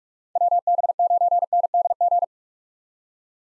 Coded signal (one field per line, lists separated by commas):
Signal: Morse code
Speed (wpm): 42 wpm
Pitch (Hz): 700 Hz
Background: none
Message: WB9NDG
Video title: 2023 POTA Hunter Call Signs - 45wpm